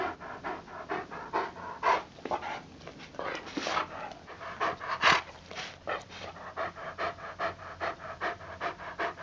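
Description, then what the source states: Dog panting in rough, breathy puffs with occasional brief whimpers, uneven in loudness over a hissy background. Panting with some whining.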